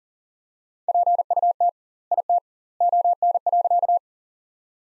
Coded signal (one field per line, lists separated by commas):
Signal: Morse code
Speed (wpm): 40 wpm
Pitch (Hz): 700 Hz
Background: none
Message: PUT IT ON.